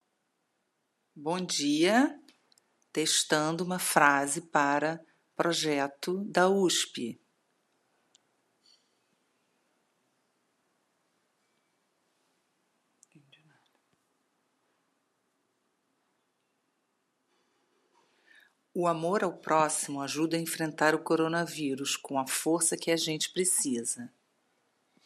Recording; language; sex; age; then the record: spoken sentence; Brazilian Portuguese; female; 50 to 59 years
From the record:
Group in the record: control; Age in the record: 56 years